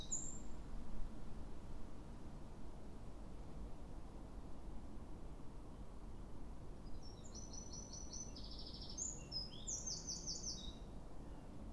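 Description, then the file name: Eurasian wren song: a faint, high, rapid trill in the second half over a constant background hiss. "Troglodytes troglodytes"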